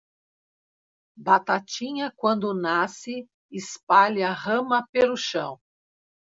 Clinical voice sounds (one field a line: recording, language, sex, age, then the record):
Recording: short text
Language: Brazilian Portuguese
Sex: female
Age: 60 to 69 years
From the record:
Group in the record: control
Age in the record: 61 years